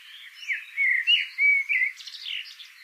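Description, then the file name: Eurasian blackbird song: mellow, slurred whistles in a rolling phrase, finishing with a thin, high, squeaky twitter. "Turdus merula"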